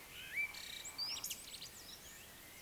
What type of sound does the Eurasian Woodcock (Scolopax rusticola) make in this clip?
whistle, croak